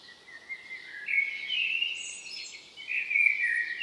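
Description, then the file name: Common blackbird in continuous fluty warbling, the phrases sliding up and down, with a few thin high notes. "Turdus merula"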